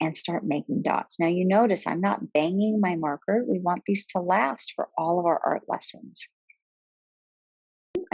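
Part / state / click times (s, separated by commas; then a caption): cap onto a felt-tip marker / seated / 8.1 s. Someone talks while making dots with a black felt-tip marker, then the speech stops and, after a short quiet gap, the plastic cap is pressed onto the marker body and clicks into place at 8.1 s. The cap is seated.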